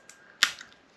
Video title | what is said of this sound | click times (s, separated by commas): What's in the box!? Is it a head!? | nice head pop in action still works great as uh advertised by the seller | 0.4 s